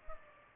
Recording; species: mosquito wingbeat signal from an infrared sensor; Culex pipiens